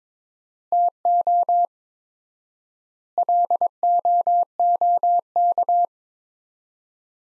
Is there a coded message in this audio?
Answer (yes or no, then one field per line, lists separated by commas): yes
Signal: Morse code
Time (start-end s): 0.7-5.9 s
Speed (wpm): 22 wpm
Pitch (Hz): 700 Hz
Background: none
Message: TO LOOK